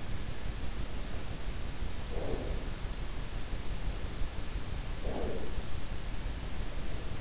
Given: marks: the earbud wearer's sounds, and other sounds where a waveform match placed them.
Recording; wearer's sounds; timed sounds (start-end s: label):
sounds in sleep by an in-ear microphone; breath
1.89-3.04 s: breath
4.86-6.04 s: breath